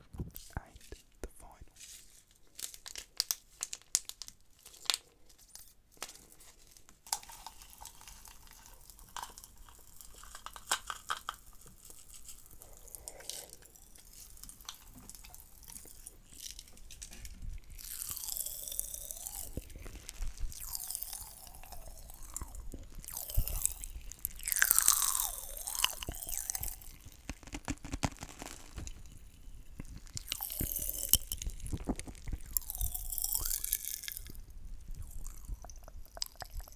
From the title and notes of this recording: ASMR Layered Popping Candy (TINGLES).